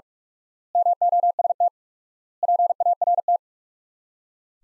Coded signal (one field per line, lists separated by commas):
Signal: Morse code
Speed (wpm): 46 wpm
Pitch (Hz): 700 Hz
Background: none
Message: MOST PART